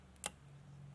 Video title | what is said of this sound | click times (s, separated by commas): Timing Chain Tensioner BMW B48 | you'll hear the click, and then you can just release it out like that. | 0.3 s